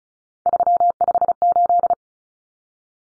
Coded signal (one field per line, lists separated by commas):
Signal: Morse code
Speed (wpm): 34 wpm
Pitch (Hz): 700 Hz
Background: none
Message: 358